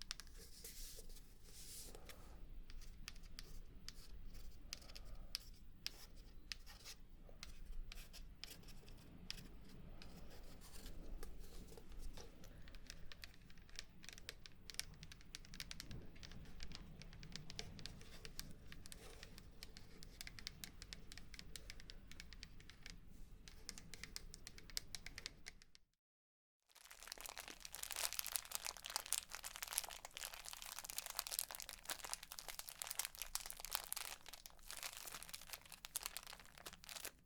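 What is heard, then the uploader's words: Dense brushing and crinkling with scattered taps fills the first 26 seconds, then a brief silence gives way to brighter, hissier crinkling. 10 Tingly Triggers For Sleep Face Brushing, Tapping, Crinkling etc.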